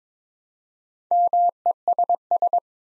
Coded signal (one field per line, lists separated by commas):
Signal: Morse code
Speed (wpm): 23 wpm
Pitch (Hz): 700 Hz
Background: none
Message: MESS